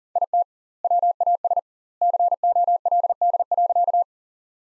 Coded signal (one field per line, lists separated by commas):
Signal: Morse code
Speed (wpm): 40 wpm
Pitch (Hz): 700 Hz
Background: none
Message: IT WAS COLD.